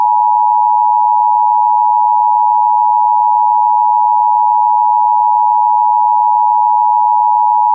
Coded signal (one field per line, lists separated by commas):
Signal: Emergency Alert System (SAME) tones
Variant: 853 and 960 Hz attention tone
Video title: EAS Monthly Test (Jan. 2008)